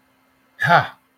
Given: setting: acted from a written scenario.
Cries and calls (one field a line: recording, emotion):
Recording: vocal sound without words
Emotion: relief